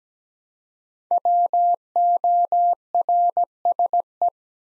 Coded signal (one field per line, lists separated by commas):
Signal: Morse code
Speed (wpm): 17 wpm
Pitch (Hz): 700 Hz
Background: none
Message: WORSE